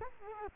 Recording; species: mosquito wingbeat signal from an infrared sensor; Culex quinquefasciatus